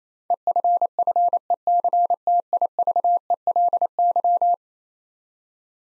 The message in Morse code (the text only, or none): EFFECTIVELY